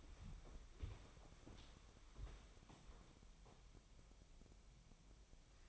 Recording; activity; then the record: daily activity, microphone in the room; walk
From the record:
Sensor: 1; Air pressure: 1015.4 hPa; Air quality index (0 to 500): 123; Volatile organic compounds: 4 ppm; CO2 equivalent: 1686 ppm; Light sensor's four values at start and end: 15/37/15/17 and 15/37/15/17